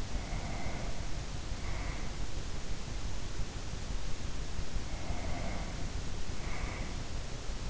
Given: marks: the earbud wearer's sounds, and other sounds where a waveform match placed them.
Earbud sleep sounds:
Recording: sounds in sleep by an in-ear microphone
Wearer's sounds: breath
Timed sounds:
0.00-2.25 s: breath
4.72-7.02 s: breath

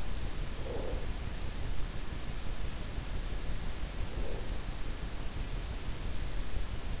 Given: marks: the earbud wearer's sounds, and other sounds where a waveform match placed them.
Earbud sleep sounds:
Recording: sounds in sleep by an in-ear microphone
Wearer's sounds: breath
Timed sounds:
0.20-1.53 s: breath
3.73-4.79 s: breath

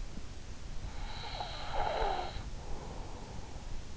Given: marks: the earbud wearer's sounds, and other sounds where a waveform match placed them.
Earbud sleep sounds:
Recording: sounds in sleep by an in-ear microphone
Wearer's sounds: breath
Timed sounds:
0.72-3.12 s: breath

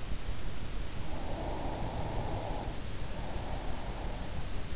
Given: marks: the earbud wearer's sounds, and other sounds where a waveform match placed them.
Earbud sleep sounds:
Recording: sounds in sleep by an in-ear microphone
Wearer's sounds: breath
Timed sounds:
0.96-4.65 s: breath

